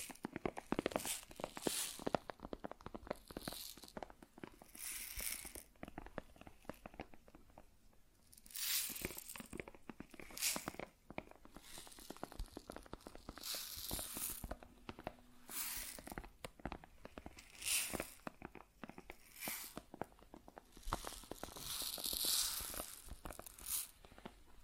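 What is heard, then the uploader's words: Grain shifting and pouring in dense, crackly bursts, each swell lasting a second or two and returning every few seconds. Fine gritty clicks fill the gaps between swells, with a brief quieter lull near eight seconds and a faint low hum around fifteen. ASMR Grain Sounds (No Talking).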